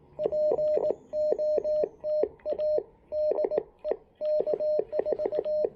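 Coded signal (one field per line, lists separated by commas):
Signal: Morse code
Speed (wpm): 20 wpm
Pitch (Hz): 610 Hz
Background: radio noise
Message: POTA DE K4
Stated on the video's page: QRP CW during a park activation on a (tr)uSDX with a BHI Dual In-Line DSP.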